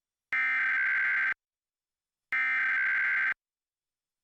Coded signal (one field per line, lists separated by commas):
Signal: Emergency Alert System (SAME) tones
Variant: header bursts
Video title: National Periodic EAS Test - San Antonio Stations/KTWO-TV/WWBT (August 11, 2021)